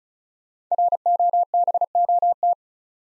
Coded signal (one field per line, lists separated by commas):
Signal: Morse code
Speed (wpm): 36 wpm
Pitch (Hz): 700 Hz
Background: none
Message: ROBOT